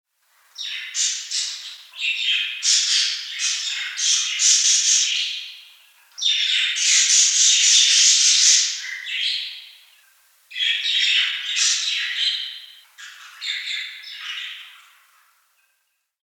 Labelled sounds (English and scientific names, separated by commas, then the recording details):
Budgerigar (Melopsittacus undulatus)
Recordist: Tembrock, Günter
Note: Rufe einer Gruppe